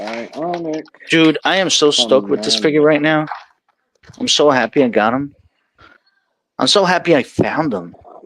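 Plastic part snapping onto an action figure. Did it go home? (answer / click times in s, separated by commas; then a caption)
no / none. Someone talks excitedly while handling a newly acquired action figure and pressing a plastic part onto it; the part is a bit hard and stiff to fit, put down to the cold room. Nothing has snapped into place or seated yet by the end of the clip.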